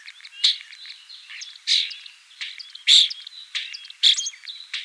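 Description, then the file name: Common starling warbling thin whistles, broken by loud, harsh bursts roughly every second. "Sturnus vulgaris"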